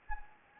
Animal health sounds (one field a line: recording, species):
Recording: mosquito wingbeat signal from an infrared sensor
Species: Anopheles gambiae